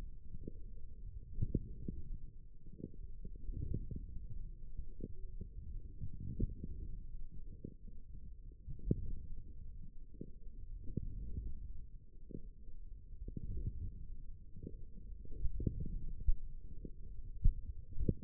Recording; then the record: forearm muscle sounds (acoustic myography)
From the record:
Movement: forearm supination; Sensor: system 1, eight BSWA MPA416 microphones around the upper forearm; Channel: 4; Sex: male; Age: 20 years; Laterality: left